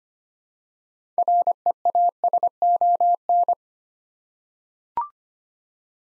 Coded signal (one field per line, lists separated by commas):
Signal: Morse code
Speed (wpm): 25 wpm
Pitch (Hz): 700 Hz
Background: none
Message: REASON